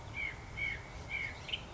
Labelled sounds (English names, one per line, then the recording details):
White-breasted Nuthatch
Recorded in Sonoma County, California